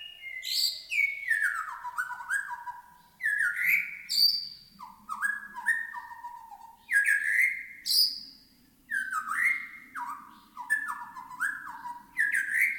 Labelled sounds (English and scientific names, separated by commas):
White-rumped Shama (Copsychus malabaricus)